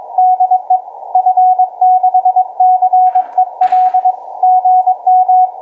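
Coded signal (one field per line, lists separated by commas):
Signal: Morse code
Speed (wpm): 21 wpm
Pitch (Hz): 740 Hz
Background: none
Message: DE F6CEL GM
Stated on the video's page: On-air Morse demo at 12 wpm.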